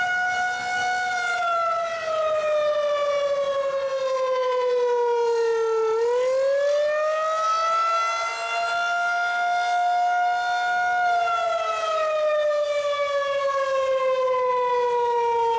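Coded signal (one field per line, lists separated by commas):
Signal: siren signal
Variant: Federal Signal 2001-130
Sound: loud outdoor siren wailing, its pitch slowly rising and falling in a wavering tone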